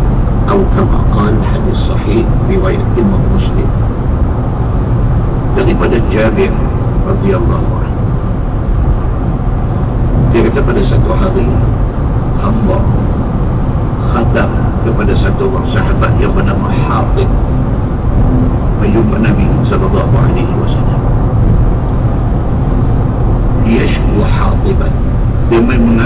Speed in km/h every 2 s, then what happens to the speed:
143, 142, 140, 140, 142, 141, 143, 144, 146, 142, 144, 144, 144.
0-26 steady at about 143.